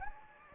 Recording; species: mosquito wingbeat signal from an infrared sensor; Anopheles gambiae